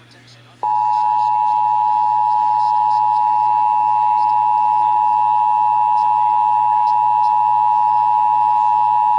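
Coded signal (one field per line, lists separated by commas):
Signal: Emergency Alert System (SAME) tones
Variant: 853 and 960 Hz attention tone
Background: speech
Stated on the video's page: Severe Thunderstorm Warning received from an AM and an FM broadcast station.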